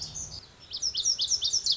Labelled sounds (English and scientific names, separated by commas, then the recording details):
Lazuli Bunting (Passerina amoena)
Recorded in Sonoma County, California